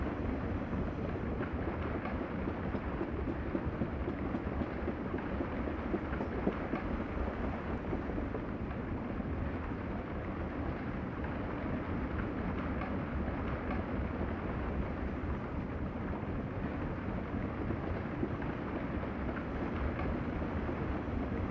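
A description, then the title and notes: A steady low rumble of a train in motion fills the interior, heavy in the bass with a constant churning roar and no breaks or distinct events. A fine patter, likely soft rain on the windows, sits faintly over the drone throughout. Train Journey with Soft Rain. You are taking an overnight train trip while soft rain pelts on the car windows. The low hum of the tracks quickly lulls you to sleep as the countryside rushes by.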